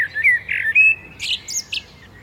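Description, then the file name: Common blackbird giving a brief, fluted phrase of smooth whistles at a steady pitch, closing with a few squeaky high notes. "Turdus merula"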